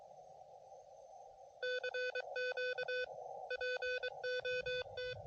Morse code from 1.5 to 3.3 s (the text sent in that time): CQ